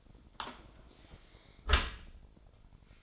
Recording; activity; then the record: daily activity, microphone in the room; close dishwasher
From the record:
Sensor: 5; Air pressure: 1003.2 hPa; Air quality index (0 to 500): 130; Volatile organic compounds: 1 ppm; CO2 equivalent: 949 ppm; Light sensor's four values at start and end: 87/209/89/101 and 87/209/89/101